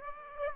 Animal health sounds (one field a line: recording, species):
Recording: mosquito wingbeat signal from an infrared sensor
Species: Aedes aegypti